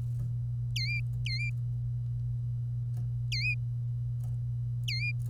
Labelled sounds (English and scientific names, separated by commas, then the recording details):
Domestic Canary (Serinus canaria) song
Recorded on 25 April 2018 at 08:35
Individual llb3